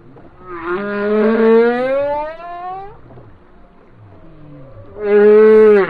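Whale song: a long harmonic moan climbing gradually in pitch, a quiet gap, then a second strong tonal cry starting.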